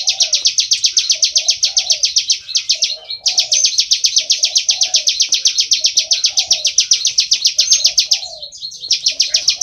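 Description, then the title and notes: Bar-winged prinia calling with quick, sharp, high-pitched notes in a near-constant stream, broken by a short pause, with faint low cooing underneath. Continuous calling style known as ngebren, recorded as tutor audio for oriental magpie-robins to copy. "Ciblek Ngebren Untuk Masteran Murai Batu. Suara burung ciblek"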